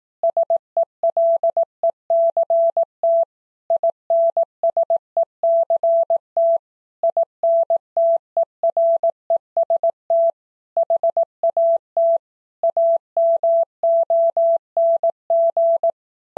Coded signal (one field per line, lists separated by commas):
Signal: Morse code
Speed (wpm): 18 wpm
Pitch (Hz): 670 Hz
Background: none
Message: SELECT INSECT INTEREST HAT AMONG